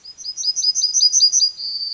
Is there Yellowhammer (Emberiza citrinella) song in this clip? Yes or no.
yes